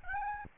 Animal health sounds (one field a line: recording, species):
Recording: mosquito wingbeat signal from an infrared sensor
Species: Aedes albopictus